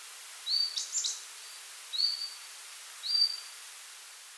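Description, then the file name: Marsh Tit uttering three short whistled calls about a second apart, the first followed by two quick higher chips, over steady background hiss. "Poecile palustris"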